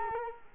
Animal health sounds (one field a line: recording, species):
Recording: mosquito wingbeat signal from an infrared sensor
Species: Culex quinquefasciatus